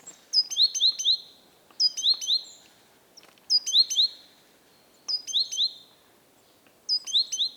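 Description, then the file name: Great tit song: several short phrases of clear, sharp two-note whistles, separated by short pauses. "Parus major"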